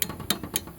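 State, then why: Torque reached. A click torque wrench is turned on a cylinder head bolt of a single-cylinder lawn mower engine to confirm the bolt is at spec. Three sharp, bright clicks ring out at about 0.0, 0.3 and 0.6 seconds, with fainter ticks between them. The wrench clicks off at its setting at 0.3 seconds, confirming the bolt is torqued to spec.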